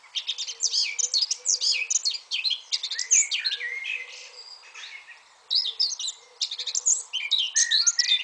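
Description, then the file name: Eurasian blackcap song, a fast scratchy warble of mixed chirps and whistles with a brief pause before resuming. "Sylvia atricapilla"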